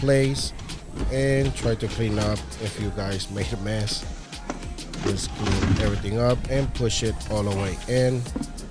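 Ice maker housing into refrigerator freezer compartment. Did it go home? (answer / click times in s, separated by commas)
no / none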